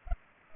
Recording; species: mosquito wingbeat signal from an infrared sensor; Culex pipiens